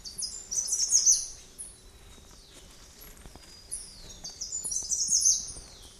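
Bird calling, rapid high-pitched twittering bursts, one near the start and another a few seconds later, over faint background hiss.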